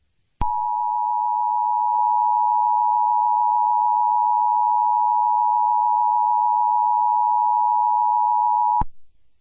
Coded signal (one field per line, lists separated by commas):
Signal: Emergency Alert System (SAME) tones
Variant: 853 and 960 Hz attention tone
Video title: FAKE EAS Zombie Alert ⚠️Not Real⚠️